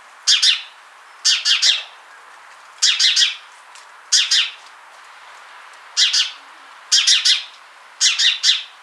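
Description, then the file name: House sparrow giving clustered chirps, about seven bursts of two to four sharp notes each, spaced unevenly. "Passer domesticus"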